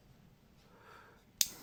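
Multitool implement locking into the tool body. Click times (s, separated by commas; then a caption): 1.4 s. A metal implement, a blade or plier, of a new Leatherman Wave Plus multitool is worked by hand against the tool body after quiet, faint handling noise. At 1.4 s it snaps sharply into position with a single bright, crisp click and a brief high ring. The implement is locked into place.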